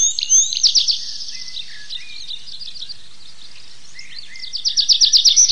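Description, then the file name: Tree pipit singing: a short trill fading into soft, scattered notes, then a loud, rapid trill of high chirps at the end. "lesnoj konek anthus trivialis"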